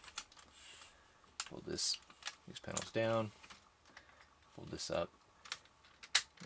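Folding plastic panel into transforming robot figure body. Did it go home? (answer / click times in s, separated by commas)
yes / 6.2 s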